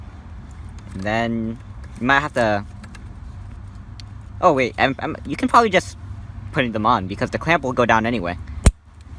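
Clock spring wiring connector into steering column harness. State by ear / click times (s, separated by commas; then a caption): seated / 8.7 s. Someone talks while a clock spring wiring connector on a 2003-2007 Honda Accord is pushed into its mating plug on the steering column harness as the clamp comes down. A sharp click at 8.7 s marks the connector seating in place.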